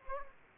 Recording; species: mosquito wingbeat signal from an infrared sensor; Aedes aegypti